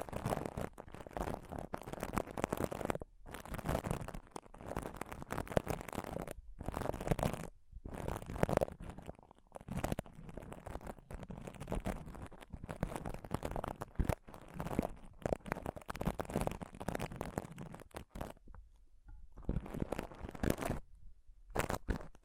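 Scratching and touching on a microphone, a dense, rough rustle with low rumbling thumps that runs almost without pause. Brief silent gaps break it around 3, 6.5, 7.5 and 14 seconds, and a longer lull comes near 19 seconds before the scratching resumes.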